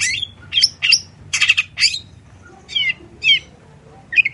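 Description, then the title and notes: Long-tailed shrike song: harsh, scratchy chattering bursts with broad buzzy notes, delivered in irregular phrases with short gaps, over a faint low hum. Lure recording to prompt reluctant long-tailed shrikes to sing; bird singing actively in the morning with varied 'toet toet' sounds. "Cendet Gacor Dor Di Kala Pagi Toet Toet Variasi Suara. PANCINGAN CENDET. Burung cendet"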